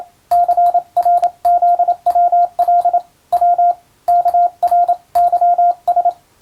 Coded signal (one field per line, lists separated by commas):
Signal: Morse code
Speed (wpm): 27 wpm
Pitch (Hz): 700 Hz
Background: radio noise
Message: CRZWL W KRYS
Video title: 船舶通信士が打つ欧文無線電報！無線通信士の国家試験の練習です。今でも電気通信術と言うモールスの実技試験があります。アマチュア無線の受信トレーニングにどうぞ morse code practice